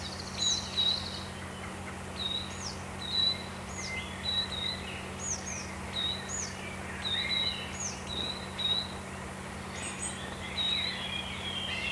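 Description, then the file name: Coal tit repeating bright, high two-note phrases in a steady series, with a low mechanical hum throughout. "moskovka"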